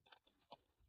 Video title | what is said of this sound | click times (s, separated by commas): Best trimmer Zlade Ballistic Neo Trimmer for whole body with water proof - Ramesh tech updates | simple గా ఇట్లా back side back side ఇలా పెట్టి ఇట్లా మనం press చేస్తే ఇట్లా లాక్ అయిపోతుంది. | 0.1 s, 0.5 s